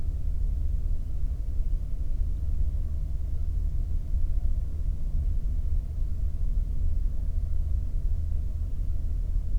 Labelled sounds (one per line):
songbird
man-made sound